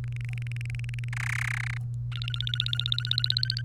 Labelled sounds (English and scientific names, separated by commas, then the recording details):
Domestic Canary (Serinus canaria) song
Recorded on 30 April 2018 at 16:21
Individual llb3